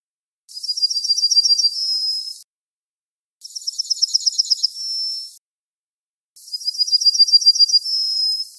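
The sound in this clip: Bird singing a high, rapid trill that ends in a thin sustained whistle, repeated three times with pauses of about a second between phrases.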